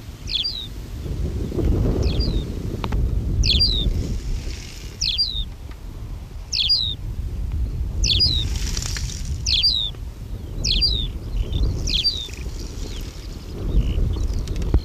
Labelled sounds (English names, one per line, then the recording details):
Bearded Reedling call
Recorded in the wild
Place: Sandeck, AT
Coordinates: 47.7364, 16.7706
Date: 1964-05-20
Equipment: Uher Report 4000, AKG D190
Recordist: Krey, Winfried